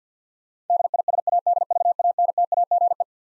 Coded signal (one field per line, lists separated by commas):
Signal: Morse code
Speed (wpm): 50 wpm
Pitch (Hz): 700 Hz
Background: none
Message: DISADVANTAGE